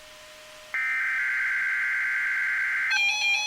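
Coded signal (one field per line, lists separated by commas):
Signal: Emergency Alert System (SAME) tones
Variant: header bursts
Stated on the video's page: Required weekly test EAS tones from weather radio station KEC80, heard over a phone line.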